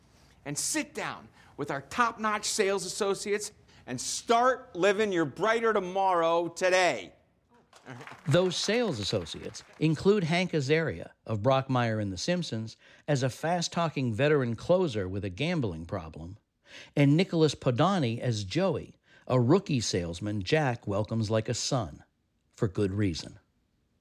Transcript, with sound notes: and sit down with our top-notch sales associates and start living your brighter tomorrow today.
(APPLAUSE)
Those sales associates include Hank Azaria of "Brockmire" and "The Simpsons" as a fast-talking veteran closer with a gambling problem and Nicholas Podany as Joey, a rookie salesman Jack welcomes like a son for good reason.